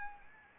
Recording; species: mosquito wingbeat signal from an infrared sensor; Anopheles arabiensis